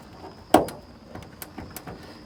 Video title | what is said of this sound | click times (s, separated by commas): $20 Quick latch hood pin install on EF civic hatch and walkaround | So that one snapped into place, and you can see how it's flush. | 0.5 s